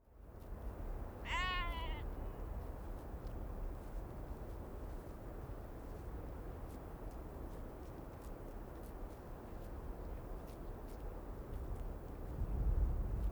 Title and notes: Moutons de Kallur LightHouse Féroé, Trøllanes, Îles Féroé. Ces Moutons sont nombreux sur les versants qui conduisent au Phare de Kallur, et quel bonheur dans ce vent fort!!! Un bout du monde, perché en vigie au nord de Kalsoy, une des Iles des Féroé